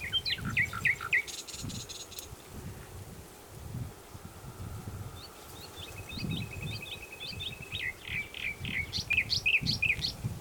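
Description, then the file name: Common nightingale song: quick whistled phrases, a long, even, buzzy trill, then a lively burst of loud, varied chirping notes, over soft low rumble. "Luscinia megarhynchos"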